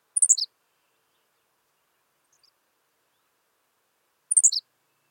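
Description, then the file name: Henslow's sparrow song: two short, high, hiccuping 'tsi-lick' phrases of quick descending notes, about four seconds apart, with silence between. "Ammodramus henslowii - Henslow's Sparrow"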